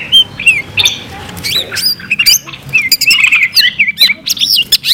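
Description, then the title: Greater green leafbird song with squeaky, wavering whistles and sharp clicks, delivered in short bursts separated by brief gaps. "CUCAK IJO"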